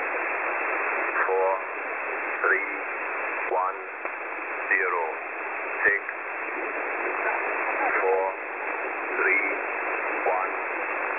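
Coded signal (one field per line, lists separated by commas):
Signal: numbers station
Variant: E06 English Man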